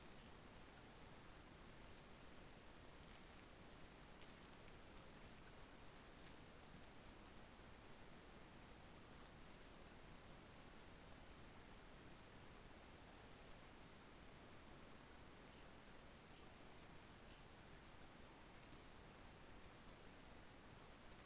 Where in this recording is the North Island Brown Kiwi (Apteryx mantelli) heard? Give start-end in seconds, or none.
none